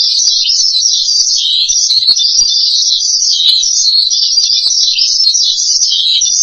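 Starling song: a shrill, unbroken warbling chatter that undulates in pitch for the whole stretch.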